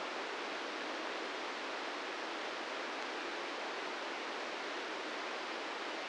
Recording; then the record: brain microelectrode recording played as sound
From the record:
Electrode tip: inside the subthalamic nucleus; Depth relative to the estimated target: -3 mm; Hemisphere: left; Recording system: NeuroSet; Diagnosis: Parkinson's disease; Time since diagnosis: 13 years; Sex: male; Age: 66 years